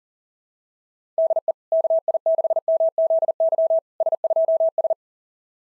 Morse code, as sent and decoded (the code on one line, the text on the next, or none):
-.. . / -.- .. -.... -- --.. -.-- / ... ..--- ...
DE KI6MZY S2S